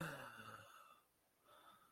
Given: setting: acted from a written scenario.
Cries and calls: vocal sound without words; fear

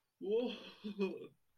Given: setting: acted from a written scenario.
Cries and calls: vocal sound without words; positive surprise

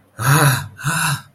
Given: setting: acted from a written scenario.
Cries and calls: vocal sound without words; fear

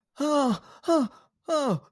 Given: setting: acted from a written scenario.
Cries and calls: vocal sound without words; fear

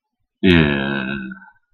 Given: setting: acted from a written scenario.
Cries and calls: vocal sound without words; serenity

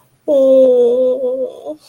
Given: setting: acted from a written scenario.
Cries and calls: vocal sound without words; sympathy

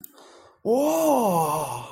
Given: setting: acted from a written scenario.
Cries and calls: vocal sound without words; elation

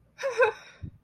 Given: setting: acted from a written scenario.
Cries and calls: vocal sound without words; elation

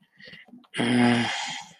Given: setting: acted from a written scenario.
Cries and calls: vocal sound without words; ecstasy

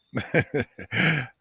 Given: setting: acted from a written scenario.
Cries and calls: vocal sound without words; adoration

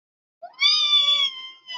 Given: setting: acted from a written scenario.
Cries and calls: vocal sound without words; elation

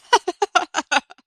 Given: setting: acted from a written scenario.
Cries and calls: vocal sound without words; triumph

